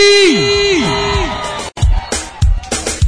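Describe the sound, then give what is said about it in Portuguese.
A crowd of Paysandu football fans cheers and shouts in loud, surging bursts, preceded by a few sustained, falling horn-like tones that slide downward in pitch. “Cadê a minha torcida do Paysandu?”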